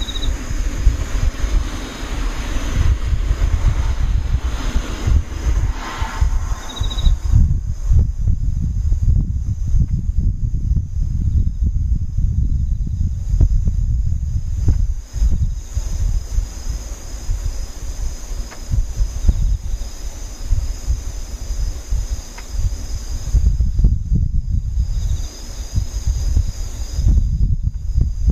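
Insects hum in a steady high whine, over a dense low rumble that swells and drops throughout, with brief quieter gaps near 24 seconds.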